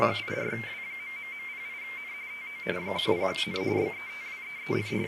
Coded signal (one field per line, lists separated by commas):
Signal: RTTY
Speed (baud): 45.45 baud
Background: speech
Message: 84W...08N TO 10N BETWEEN